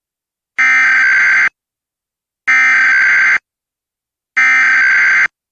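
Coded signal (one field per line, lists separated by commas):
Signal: Emergency Alert System (SAME) tones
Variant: header bursts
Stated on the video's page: National Periodic Test issued by a Primary Entry Point, received on KDKA AM, WOVK FM, WRQY FM and Comcast cable.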